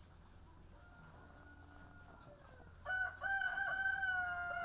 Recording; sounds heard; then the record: poultry house recording; sick chickens (respiratory disease)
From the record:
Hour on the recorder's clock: 18